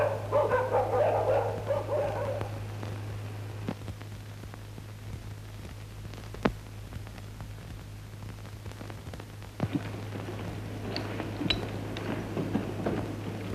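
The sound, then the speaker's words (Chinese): An injured dog being treated by a healer barks and yelps in short bursts, loudest at the start and again near the end, with a few sharp clicks and a steady low hum running underneath throughout. “嗰只狗大概三日内，我保证佢行翻十足。”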